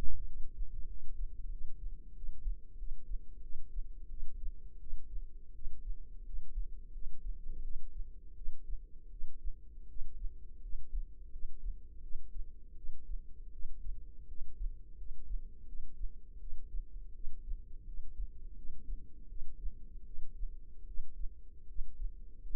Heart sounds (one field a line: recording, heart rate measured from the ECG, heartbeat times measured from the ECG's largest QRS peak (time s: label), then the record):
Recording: heart sounds by microphone in the left ear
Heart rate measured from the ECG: 84 bpm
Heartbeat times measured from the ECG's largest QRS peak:
0.25 s: heartbeat
0.87 s: heartbeat
1.50 s: heartbeat
2.14 s: heartbeat
2.77 s: heartbeat
3.41 s: heartbeat
4.09 s: heartbeat
4.79 s: heartbeat
5.53 s: heartbeat
6.24 s: heartbeat
6.92 s: heartbeat
7.62 s: heartbeat
8.35 s: heartbeat
9.10 s: heartbeat
9.87 s: heartbeat
10.60 s: heartbeat
11.30 s: heartbeat
12.01 s: heartbeat
12.75 s: heartbeat
13.51 s: heartbeat
14.26 s: heartbeat
14.96 s: heartbeat
15.65 s: heartbeat
16.38 s: heartbeat
17.13 s: heartbeat
17.84 s: heartbeat
18.54 s: heartbeat
19.28 s: heartbeat
20.04 s: heartbeat
20.86 s: heartbeat
21.67 s: heartbeat
22.41 s: heartbeat
From the record:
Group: healthy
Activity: rest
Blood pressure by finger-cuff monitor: 92/56 mmHg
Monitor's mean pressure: 71 mmHg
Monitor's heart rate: 83 bpm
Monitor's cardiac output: 7.7 L/min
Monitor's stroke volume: 90 mL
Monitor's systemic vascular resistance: 640 dyn s/cm5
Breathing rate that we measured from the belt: 15 breaths a minute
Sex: female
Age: 22 years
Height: 161 cm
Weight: 65.5 kg